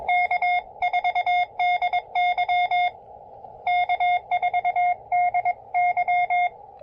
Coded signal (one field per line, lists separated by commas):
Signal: Morse code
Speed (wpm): 22 wpm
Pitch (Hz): 720 Hz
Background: none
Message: K4DY K4DY